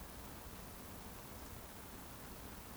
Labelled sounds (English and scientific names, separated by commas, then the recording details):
Eurasian Woodcock (Scolopax rusticola) whistle
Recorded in Baden-Württemberg, Germany, on 25 June 2020 at 19:50 UTC
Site 14569, 102 m above sea level